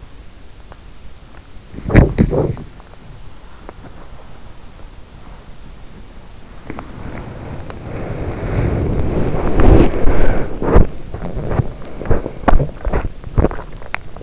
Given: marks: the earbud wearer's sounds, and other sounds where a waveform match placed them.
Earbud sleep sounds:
sounds in sleep by an in-ear microphone; body movement
0.00-4.27 s: body movement
6.86-14.23 s: body movement

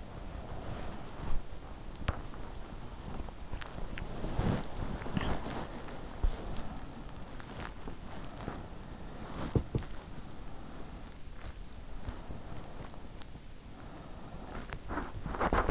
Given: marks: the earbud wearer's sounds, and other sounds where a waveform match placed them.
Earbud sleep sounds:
sounds in sleep by an in-ear microphone; body movement
0.00-8.00 s: body movement
8.51-15.71 s: body movement

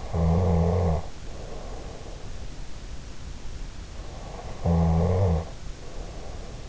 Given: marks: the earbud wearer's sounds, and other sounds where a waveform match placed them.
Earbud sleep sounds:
sounds in sleep by an in-ear microphone; snoring breath
0.00-2.26 s: snoring breath
4.46-6.69 s: snoring breath

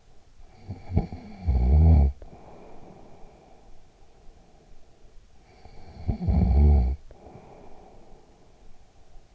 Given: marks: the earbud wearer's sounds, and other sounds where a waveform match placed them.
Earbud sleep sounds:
sounds in sleep by an in-ear microphone; snoring breath
0.18-4.58 s: snoring breath
5.07-9.35 s: snoring breath

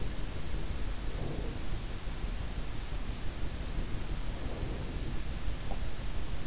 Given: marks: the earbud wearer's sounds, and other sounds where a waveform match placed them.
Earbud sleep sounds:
sounds in sleep by an in-ear microphone; breath
0.33-1.59 s: breath
3.30-5.50 s: breath

